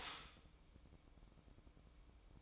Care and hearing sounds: daily activity, microphone in the room; stop toaster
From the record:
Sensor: 1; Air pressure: 1007.2 hPa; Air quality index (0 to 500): 76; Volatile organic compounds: 1 ppm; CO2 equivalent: 664 ppm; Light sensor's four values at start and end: 7/16/6/7 and 7/16/7/7

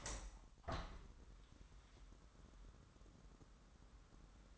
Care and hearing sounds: daily activity, microphone in the room; open window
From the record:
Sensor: 3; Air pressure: 998.1 hPa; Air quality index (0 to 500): 145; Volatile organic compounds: 5 ppm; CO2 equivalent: 1737 ppm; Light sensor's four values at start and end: 13/39/16/14 and 14/40/16/15

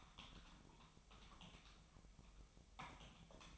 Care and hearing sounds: daily activity, microphone in the room; typing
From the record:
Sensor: 1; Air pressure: 1009.5 hPa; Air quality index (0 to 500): 195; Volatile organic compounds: 19 ppm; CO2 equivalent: 2668 ppm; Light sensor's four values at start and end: 28/73/30/36 and 28/72/30/36

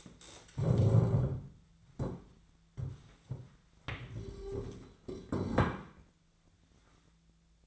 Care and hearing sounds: daily activity, microphone in the room; stand up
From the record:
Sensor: 3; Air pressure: 1008.2 hPa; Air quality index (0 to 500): 193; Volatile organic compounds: 15 ppm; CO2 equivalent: 2482 ppm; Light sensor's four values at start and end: 14/33/14/14 and 14/34/14/15

